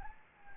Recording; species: mosquito wingbeat signal from an infrared sensor; Anopheles gambiae